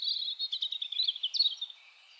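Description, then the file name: European robin song: a brief, continuous stream of high, liquid warbling notes that tumble rapidly up and down, fading out near the end. "Erithacus rubecula"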